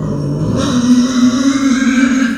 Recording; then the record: squeal of a Yucatan mini pig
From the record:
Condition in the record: after surgery on the right vocal fold (resection and tissue-engineered implant); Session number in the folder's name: 9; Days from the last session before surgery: 65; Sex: female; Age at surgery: 19 weeks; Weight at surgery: 25 kg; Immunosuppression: prednisolone